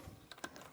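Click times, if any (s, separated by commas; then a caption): 0.3 s, 0.4 s, 0.6 s. The plastic wiring harness connector is plugged into the main power window switch of a 2013-2018 Toyota RAV4, and its slide-lock housing drops and locks in. Three short, sharp plastic clicks sound at 0.3, 0.4 and 0.6 seconds, the middle one loudest, after a faint low thump near the start. The connector is fully seated and locked.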